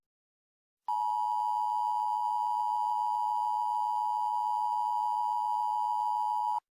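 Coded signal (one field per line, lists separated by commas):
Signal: Emergency Alert System (SAME) tones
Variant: 853 and 960 Hz attention tone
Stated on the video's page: Unofficial fan-made EAS for a fictional civil war.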